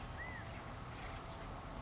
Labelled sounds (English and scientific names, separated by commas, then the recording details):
California Quail (Callipepla californica)
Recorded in Sonoma County, California